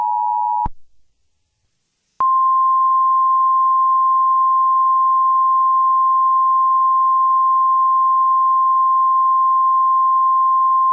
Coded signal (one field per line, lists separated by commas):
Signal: Emergency Alert System (SAME) tones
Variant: 853 and 960 Hz attention tone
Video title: Creepy EAS Mock: Do Not Go to Sleep Tonight